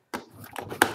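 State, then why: Released. A plastic Western Digital My Book external hard drive enclosure, held together with no glue, is pried open by hand, with softer prying and scraping sounds around 0.4 and 0.6 seconds. At 0.8 seconds, a sharp, loud click is heard as the internal plastic clip of the enclosure shell lets go and releases.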